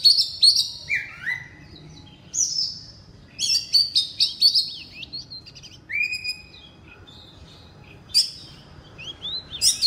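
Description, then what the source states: Oriental magpie-robin delivering loud, separated bursts of song: rich whistles, falling slurs and scratchy notes, with short quiet gaps between phrases. Indonesian name kacer; loud song in the style called ngeplong.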